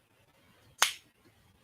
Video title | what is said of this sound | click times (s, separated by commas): Slicey Boy Saturday #9 - Walmart Christmas 2025 Ozark Trail Knives (Fixed Blades & Folders) | Yeah, audible lock. | 0.8 s